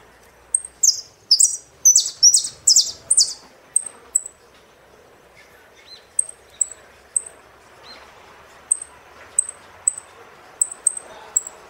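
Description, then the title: Saffron finch song opens with a quick run of loud slurred chirps, then gives several thin high single notes at uneven intervals. "Jilguero Argentino"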